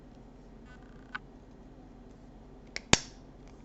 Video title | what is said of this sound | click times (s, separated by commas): Spydiechef Disassembly | you go that's kind of the sound you're looking for right there a little bit of a snap into place | 2.9 s